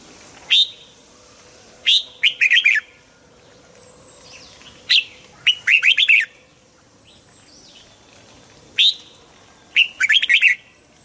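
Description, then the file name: Red-whiskered bulbul with lively song: single sharp chirps followed by quick tumbling clusters of slurred whistles, repeated several times throughout. Hue strain red-whiskered bulbul singing in the "giọng kép" (double-voice) song style. "Tieng chao mao hue hot giong kep"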